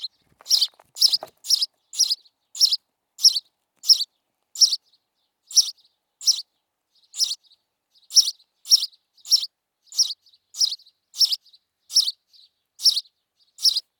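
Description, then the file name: House sparrow repeating harsh, buzzy chirps in a long, quick, steady series, with a short low rustle at the start. "Passer domesticus"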